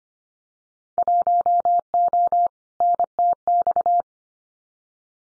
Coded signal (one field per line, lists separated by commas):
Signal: Morse code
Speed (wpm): 25 wpm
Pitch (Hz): 700 Hz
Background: none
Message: 1O NTX